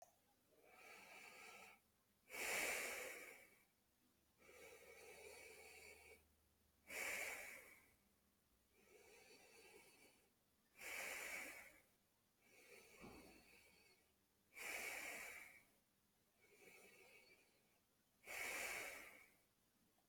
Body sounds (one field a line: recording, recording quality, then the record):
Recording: deep breathing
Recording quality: excellent, no background noise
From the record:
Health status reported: healthy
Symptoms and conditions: none ticked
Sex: male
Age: 31 years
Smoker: not ticked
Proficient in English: yes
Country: India